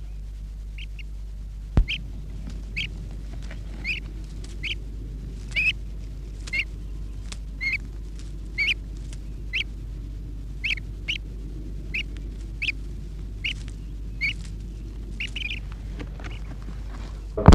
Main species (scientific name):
Grus grus